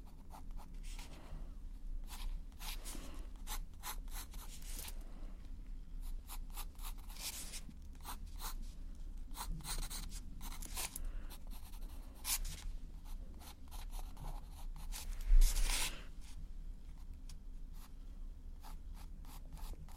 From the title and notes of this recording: ASMR Artist Sketches You - Personal Attention, Pencil sounds.